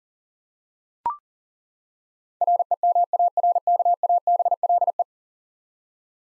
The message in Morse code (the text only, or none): REMARKABLE